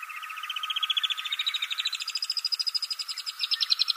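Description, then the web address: Alpine Swift trilling: a rapid, pulsing chatter that climbs gradually in pitch over four seconds, with a faint steady tone underneath. "Schulze Peter Alpine Swift"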